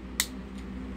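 A plastic buzzsaw accessory is pressed into the chest cavity of an action figure and snaps into place with one sharp click at 0.2 s. A steady low hum runs underneath, and the accessory ends up seated.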